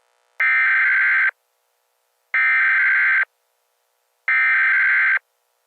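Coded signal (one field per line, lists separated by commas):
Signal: Emergency Alert System (SAME) tones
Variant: header bursts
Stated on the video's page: Fictional EAS scenario, not a real alert.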